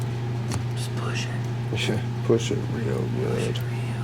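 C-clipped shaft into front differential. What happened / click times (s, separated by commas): The shaft is being handled and pushed but has not yet seated / none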